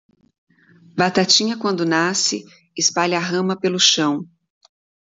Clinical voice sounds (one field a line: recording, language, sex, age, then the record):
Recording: short text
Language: Brazilian Portuguese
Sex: female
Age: 30 to 39 years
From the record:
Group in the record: control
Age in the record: 38 years